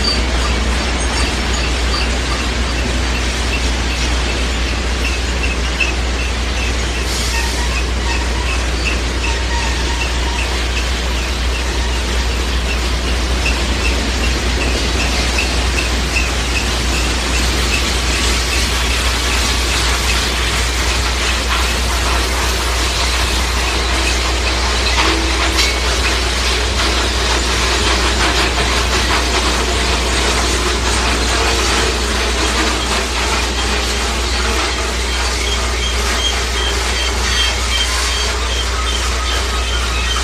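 A train rolls steadily along the tracks for the whole forty seconds, a dense, even rumble with a constant low drone underneath. Faint rhythmic clicking and squeaking of wheels runs through it, with a few brighter metallic squeals around seven and twenty-five seconds.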